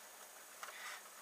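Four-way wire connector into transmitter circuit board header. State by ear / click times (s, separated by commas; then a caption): seated / 0.6 s. A small four-way plastic wire connector from a Tech4rc vibe unit kit (standard solder version) is pushed onto its pin header on the circuit board inside a Spektrum DX6i RC transmitter. Against a quiet, steady hiss, a single short, sharp click sounds at 0.6 s, followed by a faint rustle. The connector is seated fully down on the header.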